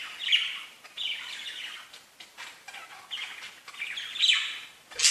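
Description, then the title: Budgerigar chatter, scratchy warbled phrases and squeaky chirps in short bursts separated by brief pauses, ending with a sharp high squeak. "Budgie Sounds"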